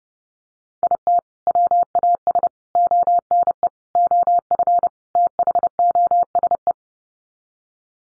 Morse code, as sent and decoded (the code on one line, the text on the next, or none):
.. - / .-- .- ... / --- -. . / --- ..-. / - .... --- ... .
IT WAS ONE OF THOSE